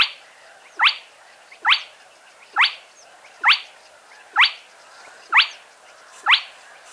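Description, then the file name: Spotted crake uttering loud, whiplike rising notes, seven in regular succession at about one per second, with faint background hiss. Played back. "Plettet roervagtel"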